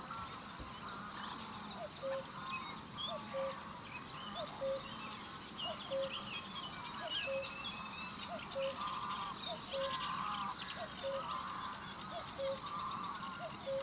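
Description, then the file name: Cuckoo calling a steady falling cu-coo roughly every 1.3 seconds, set against a busy chorus of many other songbirds chirping and trilling. "minutes of cuckoos"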